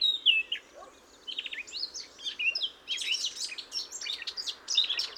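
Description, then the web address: Eurasian blackcap song, a few clear slurred notes at first, then a busier scratchy warble, over a soft background hiss. "SETE Sylvia atricapilla"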